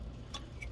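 On the intake area of a Nissan 3.5 V6, the release tab of a plastic electrical connector on an engine sensor/injector harness is pressed in over a low steady rumble. Sharp clicks sound at 0.4 s and 0.6 s as the connector unlatches and comes up off its socket, fully released.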